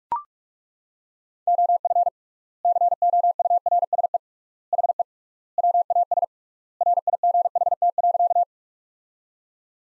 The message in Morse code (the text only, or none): OF COURSE HE WAS RIGHT.